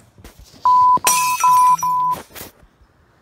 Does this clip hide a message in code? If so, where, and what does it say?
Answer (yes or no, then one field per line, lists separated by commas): no